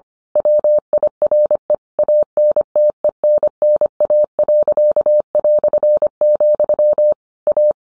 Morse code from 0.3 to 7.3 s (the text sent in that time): WIRE ANTENNA.",